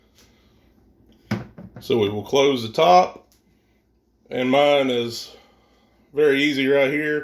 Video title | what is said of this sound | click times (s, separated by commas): Pepperoni Cheese Bread made in my Oster Bread Machine | and two little clips on the side of the handles you'll hear that snap in | 1.3 s